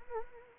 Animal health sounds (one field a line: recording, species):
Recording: mosquito wingbeat signal from an infrared sensor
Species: Anopheles arabiensis